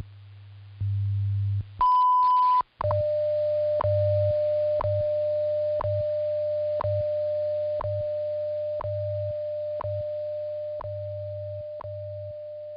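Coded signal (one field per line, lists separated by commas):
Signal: radio time signal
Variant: WWV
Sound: long high beep, gap, then a steady lower tone with a tick every second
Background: radio static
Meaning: The long 1000 Hz tone marks the start of a new minute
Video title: WWV 15000 KHz - Fort Collins CO USA - 1200 UTC - Time Signal - 2002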